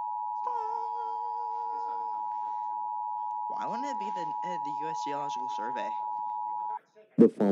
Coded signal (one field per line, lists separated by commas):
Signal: Emergency Alert System (SAME) tones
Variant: 853 and 960 Hz attention tone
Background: speech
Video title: WHAT?!- Reacting to EAS Scenarios (Part 1!)